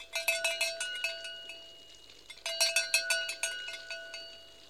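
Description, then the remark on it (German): A doorbell at the door of the old castle Schloss Greifenklau, on a visit to an old lady, rings twice: two bursts of rapid, clattering metallic strikes with a bright, sustained ringing tone, separated by a brief pause. No voices are heard. “Irmintraut von Pößnitz, bitte zweimal klingeln.”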